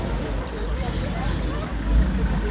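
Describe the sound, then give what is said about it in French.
A heavy yellow truck rumbles past, a steady low engine drone with road noise that swells briefly toward the end, with faint talk underneath. “Donc là, il y a le camion jaune qui est en train d'arriver. Le camion qui arrive et c'est passé.”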